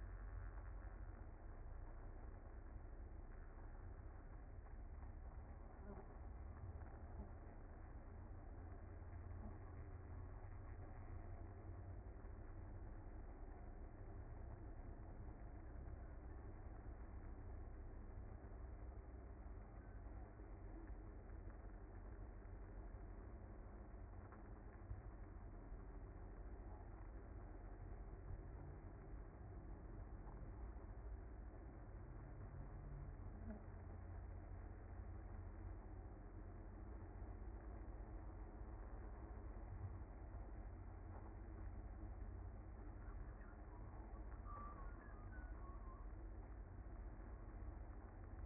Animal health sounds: honeybee colony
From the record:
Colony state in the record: active

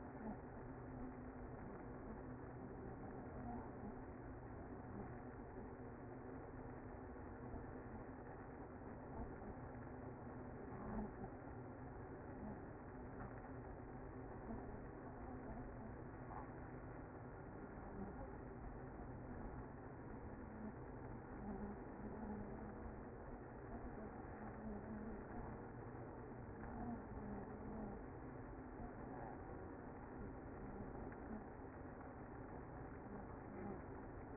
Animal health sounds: honeybee colony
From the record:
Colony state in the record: active

